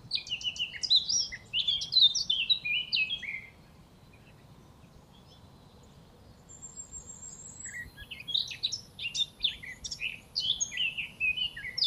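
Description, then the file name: Eurasian blackcap song: two bursts of rich, fast warbling with fluty whistled notes, separated by a quiet pause of several seconds with a faint high thin note. "Sylvia atricapilla"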